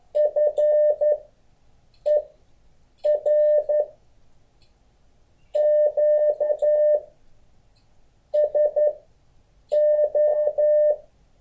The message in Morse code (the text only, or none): FER QSO